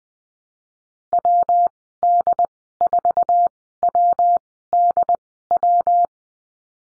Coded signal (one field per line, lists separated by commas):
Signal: Morse code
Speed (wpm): 20 wpm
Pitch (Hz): 700 Hz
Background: none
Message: WD4WDW